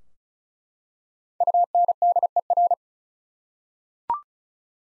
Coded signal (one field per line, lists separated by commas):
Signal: Morse code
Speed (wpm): 36 wpm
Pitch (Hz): 700 Hz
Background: none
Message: UNDER